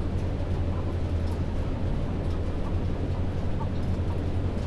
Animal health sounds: poultry house recording; healthy chickens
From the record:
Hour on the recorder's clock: 22

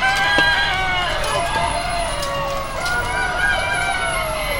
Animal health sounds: poultry house recording; healthy chickens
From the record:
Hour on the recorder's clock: 20

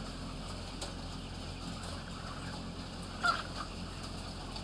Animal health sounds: poultry house recording; healthy chickens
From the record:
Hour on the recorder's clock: 9

